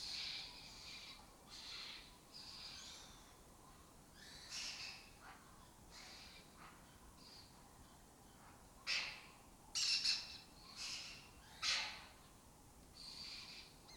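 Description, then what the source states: Lesser kestrels calling with scratchy, rasping notes, mostly soft and scattered, then a cluster of louder harsh calls near the end. Breeding colony occupying an abandoned building complex in Doñana, southern Europe; a migratory raptor that forages in West Africa and breeds in southern Europe.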